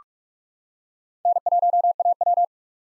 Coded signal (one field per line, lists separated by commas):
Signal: Morse code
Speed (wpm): 41 wpm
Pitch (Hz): 700 Hz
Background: none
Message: N1AW